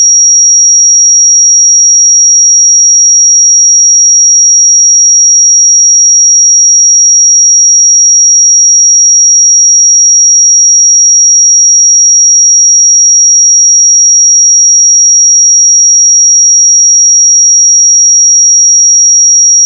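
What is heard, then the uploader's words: A pure 5673 Hz sine tone sounds without a break for the full twenty seconds, thin and piercingly high. Its pitch and loudness hold perfectly steady, and nothing else can be heard behind it, no hum, no hiss, no other sounds. 5673 Hz 1 Hz Interval Sine Pure Tone Frequency 441000 Sample Mono.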